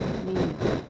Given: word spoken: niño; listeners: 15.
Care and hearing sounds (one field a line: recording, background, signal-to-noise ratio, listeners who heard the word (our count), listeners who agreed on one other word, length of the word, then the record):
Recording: one Spanish word in noise, from a listening test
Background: noise modulated by three-talker babble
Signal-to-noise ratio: -3.4 dB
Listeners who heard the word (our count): 3 of 15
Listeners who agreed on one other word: 8 of 15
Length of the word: 0.49 s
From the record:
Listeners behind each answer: 8, 3, 2, 1, 1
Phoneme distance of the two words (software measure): 7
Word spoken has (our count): 2 syllables, 4 phonemes, stress on syllable 1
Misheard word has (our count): 2 syllables, 5 phonemes, stress on syllable 1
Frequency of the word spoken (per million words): 178.01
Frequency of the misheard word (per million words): 199.58